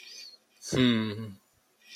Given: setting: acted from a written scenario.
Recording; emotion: vocal sound without words; romantic love